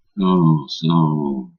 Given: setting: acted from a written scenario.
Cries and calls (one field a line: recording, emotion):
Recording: vocal sound without words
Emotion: shame